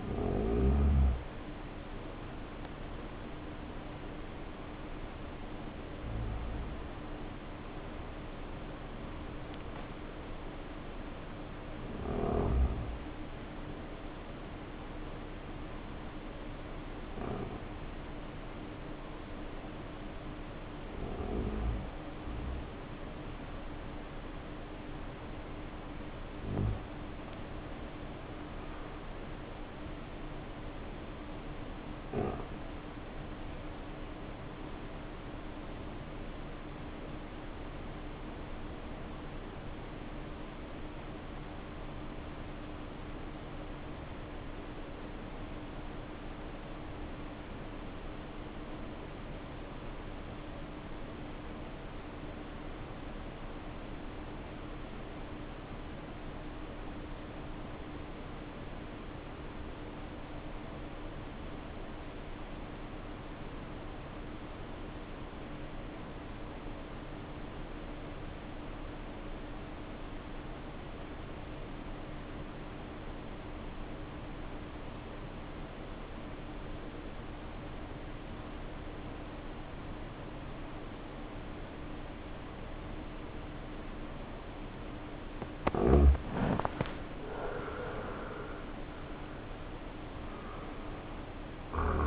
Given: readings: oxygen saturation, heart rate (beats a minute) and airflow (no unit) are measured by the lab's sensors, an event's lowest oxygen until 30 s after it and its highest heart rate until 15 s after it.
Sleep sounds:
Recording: breathing in sleep by a voice recorder at the bedside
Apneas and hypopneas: 2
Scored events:
14.00-28.00 s: hypopnea (N1, oxygen 95% highest, then 89% lowest, heart rate 63 at the start, 65 highest)
31.00-92.06 s: new sleep stage, REM sleep
36.00-86.10 s: obstructive apnea (REM, oxygen 94% highest, then 66% lowest, heart rate 62 at the start, 85 highest)
From the record:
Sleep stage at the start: N1 (lightest sleep)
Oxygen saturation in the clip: 69 to 95%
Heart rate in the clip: 55 to 85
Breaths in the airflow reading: 8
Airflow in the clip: -8.2 to 12.9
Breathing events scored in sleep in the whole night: 520 in 7.2 hours asleep

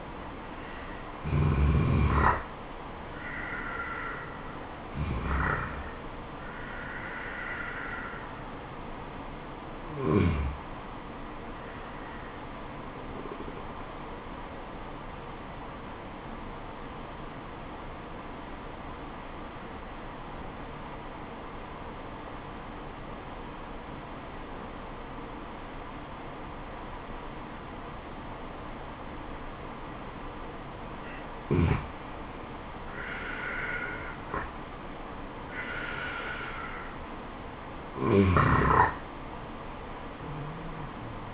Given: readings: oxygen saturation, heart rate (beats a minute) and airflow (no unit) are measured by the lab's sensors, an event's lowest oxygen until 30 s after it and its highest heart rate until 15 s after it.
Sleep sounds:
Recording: breathing in sleep by a voice recorder at the bedside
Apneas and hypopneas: 1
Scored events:
14.00-32.60 s: obstructive apnea (N2, oxygen 96% highest, then 85% lowest, heart rate 73 at the start, 80 highest)
From the record:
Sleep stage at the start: N2 (light sleep)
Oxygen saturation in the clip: 88 to 96%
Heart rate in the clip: 71 to 80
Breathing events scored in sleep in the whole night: 426 in 7.4 hours asleep

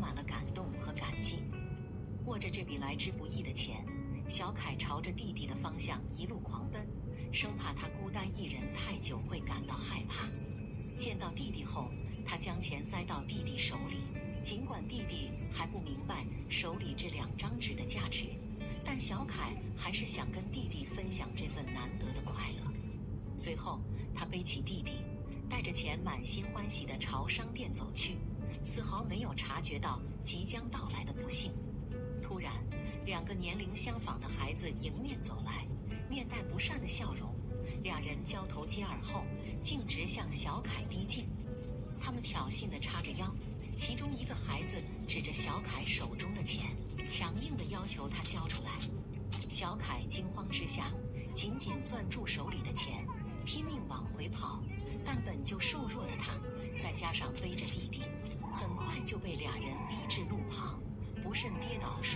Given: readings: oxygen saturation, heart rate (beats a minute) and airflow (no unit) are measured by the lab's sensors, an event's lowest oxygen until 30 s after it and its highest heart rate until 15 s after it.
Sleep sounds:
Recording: a person awake in a sleep study, by a smartphone at the bedside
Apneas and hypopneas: none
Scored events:
0.00-62.16 s: awake
From the record:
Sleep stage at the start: awake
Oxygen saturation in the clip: 94 to 96%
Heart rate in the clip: 70 to 76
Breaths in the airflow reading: 16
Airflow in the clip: -3.6 to 4.9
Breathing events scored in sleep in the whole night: 131 in 7.2 hours asleep

